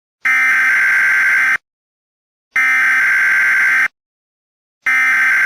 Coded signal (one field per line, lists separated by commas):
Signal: Emergency Alert System (SAME) tones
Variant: header bursts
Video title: Eas Scenario (Alternatives)￼￼